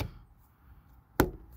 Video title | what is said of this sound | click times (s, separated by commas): How to remove and reinstall front door handles on a 2005 Scion xA | And then when you hear that little click, you're good to go. | 1.2 s